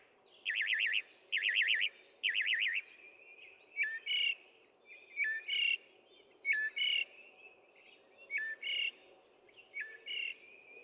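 Northern mockingbird song: three warbled trilled phrases repeated in a row, followed by varied sharp upslurred notes and rattles, with faint low background hum.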